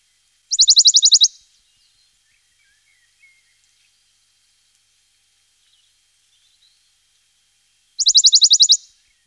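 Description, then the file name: Western Bonelli's warbler singing two short, rattling high trills about seven seconds apart, with near silence and a few faint sounds between them. Recorded in 2004. "roche. berglaubsaenger"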